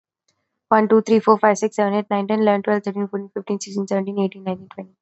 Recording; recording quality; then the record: counting at a fast pace; excellent, no background noise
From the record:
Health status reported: respiratory illness, not identified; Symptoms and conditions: asthma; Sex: female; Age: 23 years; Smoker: not ticked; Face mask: not worn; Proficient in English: yes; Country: India